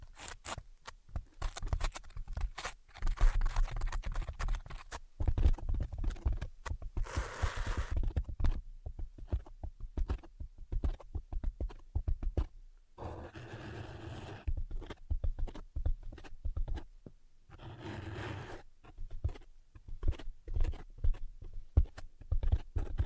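Tapping and scratching: rapid, uneven taps fill most of the clip, landing in dense clusters with brief gaps. Longer rough scratching strokes come through near 7 seconds, again around 14 to 16 seconds, and once more near 18 seconds, with a low thudding beneath throughout.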